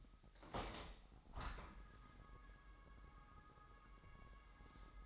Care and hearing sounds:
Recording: daily activity, microphone in the room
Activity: open window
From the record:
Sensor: 3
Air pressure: 998.0 hPa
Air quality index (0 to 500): 145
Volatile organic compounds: 5 ppm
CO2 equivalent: 1735 ppm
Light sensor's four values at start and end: 14/40/16/15 and 14/40/16/15

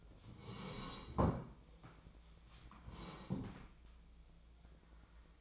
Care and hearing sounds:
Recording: daily activity, microphone in the room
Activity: sit down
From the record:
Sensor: 1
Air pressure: 1012.3 hPa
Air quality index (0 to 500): 172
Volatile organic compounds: 3 ppm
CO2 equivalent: 1412 ppm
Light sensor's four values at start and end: 46/124/51/62 and 46/125/51/62

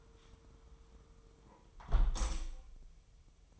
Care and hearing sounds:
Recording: daily activity, microphone in the room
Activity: close window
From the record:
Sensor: 1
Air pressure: 999.8 hPa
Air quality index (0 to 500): 235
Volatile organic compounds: 103 ppm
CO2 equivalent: 3772 ppm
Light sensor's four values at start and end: 11/26/10/11 and 10/25/10/11

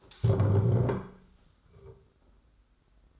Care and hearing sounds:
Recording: daily activity, microphone in the room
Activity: stand up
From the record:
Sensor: 3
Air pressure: 991.6 hPa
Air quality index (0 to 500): 168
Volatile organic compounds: 1000 ppm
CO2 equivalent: 5563 ppm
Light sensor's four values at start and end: 37/106/43/37 and 36/100/41/35

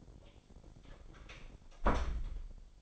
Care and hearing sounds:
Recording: daily activity, microphone in the room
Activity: close door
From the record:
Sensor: 5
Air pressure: 1007.2 hPa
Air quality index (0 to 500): 170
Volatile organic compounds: 4 ppm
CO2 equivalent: 1625 ppm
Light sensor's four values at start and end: 56/158/61/61 and 55/157/61/61

